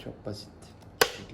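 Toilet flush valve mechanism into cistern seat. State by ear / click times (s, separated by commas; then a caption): seated / 1.0 s. A refitted toilet cistern flush valve mechanism with a new rubber seal is pushed back into its seat in the cistern while someone talks. At 1.0 s it gives a sharp plastic click as it locks into place, seating the seal, which was replaced because the old one had worn and swollen and let water leak.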